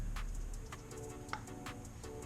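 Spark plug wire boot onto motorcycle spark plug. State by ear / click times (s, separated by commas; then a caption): seated / 1.3 s. A spark plug wire boot is pushed down onto the new spark plug in a motorcycle's front cylinder. Over steady background music with faint ticking, a short sharp click at 1.3 s shows the boot has seated on the plug. No one talks.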